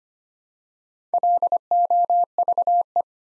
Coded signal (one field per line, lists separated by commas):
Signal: Morse code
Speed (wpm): 25 wpm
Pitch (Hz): 700 Hz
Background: none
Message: LOVE